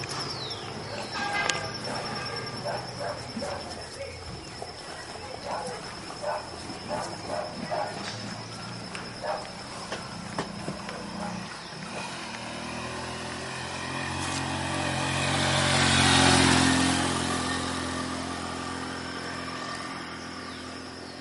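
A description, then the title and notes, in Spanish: On a road leading into and out of town, voices and clip-clopping footsteps come first, then a vehicle swells past around sixteen seconds and fades. Paisaje Sonoro: Vía de entrada y salida del pueblo - La Merced, Caldas. Paisaje sonoro realizado por: Esteban Hoyos Jaramillo. La entrada al municipio de La Merced. Es un lugar que transcurre entre la naturaleza del campo y la urbe.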